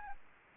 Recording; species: mosquito wingbeat signal from an infrared sensor; Anopheles arabiensis